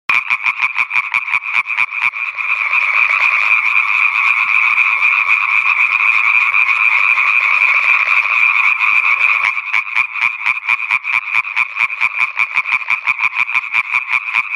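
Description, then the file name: Italian tree frogs croaking in quick rasping pulses, merging into a continuous loud chorus midway, then separating again into rhythmic repeated calls. "Raganella (Hyla intermedia)"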